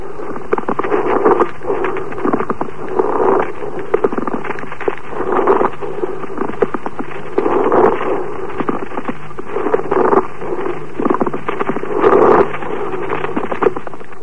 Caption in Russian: Шум трения плевры представляет собой прерывистый звук непостоянной интенсивности. Он выслушивается в обе фазы дыхания, изменяется при надавливании фонендоскопом на грудную клетку, а при покашливании не изменяется.